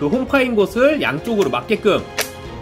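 A plastic/die-cast engine accessory part is being lined up with the grooves on both sides so it can be pressed onto a robot action figure. Someone talks over faint background music, and nothing has seated or clicked yet.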